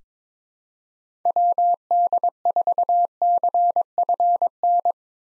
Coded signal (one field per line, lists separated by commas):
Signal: Morse code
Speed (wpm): 22 wpm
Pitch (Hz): 700 Hz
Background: none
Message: WD4CFN